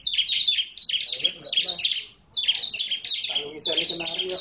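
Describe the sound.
Bar-winged prinia song: rapid strings of high, squeaky downslurred chirps, pausing briefly midway, with faint low tonal sounds beneath.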